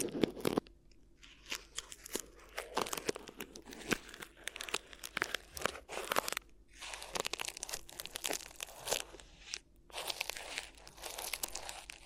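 Crinkly ear massage: dense, irregular crackling and crunching bursts, bright and sharp, continuing throughout with brief quieter pauses near one and ten seconds.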